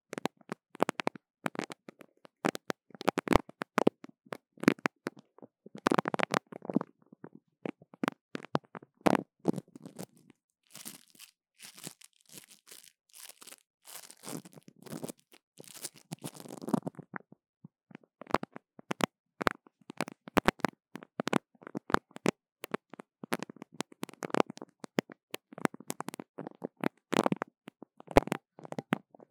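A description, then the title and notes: Sticky sounds: a dense, irregular run of sharp tacky clicks and crackles, like something peeling apart, continuing for the whole clip. Between about 11 and 17 seconds the pops thin into a softer, smeared rustle before the crisp, bright crackling picks up again. 黏答答的聲音 | Sticky Sounds. No Talking.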